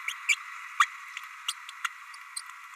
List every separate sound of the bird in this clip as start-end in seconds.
0.07-0.14, 0.28-0.36, 0.79-0.86, 1.48-1.53, 1.84-1.87, 2.36-2.41